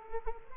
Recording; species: mosquito wingbeat signal from an infrared sensor; Culex quinquefasciatus